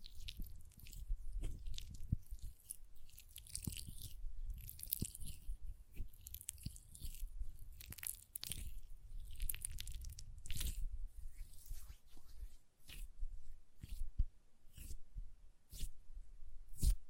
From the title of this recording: Hand Sounds, Nail Tapping and Lotion Sounds